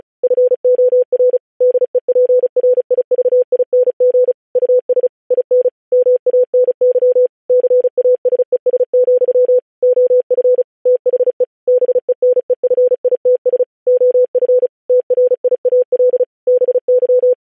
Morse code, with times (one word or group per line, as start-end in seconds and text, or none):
0.2-1.4 FOR
1.6-4.3 DEPRIVING
4.6-5.1 US
5.3-5.7 IN
5.9-7.3 MANY
7.5-9.6 CASES,
9.8-10.6 OF
10.9-11.4 THE
11.7-13.6 BENEFITS
13.9-14.7 OF
14.9-16.2 TRIAL
16.5-17.3 BY